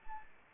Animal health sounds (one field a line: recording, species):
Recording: mosquito wingbeat signal from an infrared sensor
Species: Anopheles arabiensis